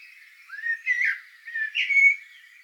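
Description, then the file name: Eurasian blackbird song: mellow whistled notes sliding up and down, followed by a second phrase with a squeaky twittered end. "solsort volker arnold"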